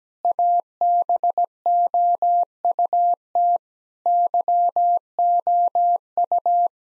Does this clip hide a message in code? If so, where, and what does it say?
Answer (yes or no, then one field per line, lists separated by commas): yes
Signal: Morse code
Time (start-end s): 0.2-6.7 s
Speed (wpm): 17 wpm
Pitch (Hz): 700 Hz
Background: none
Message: ABOUT YOU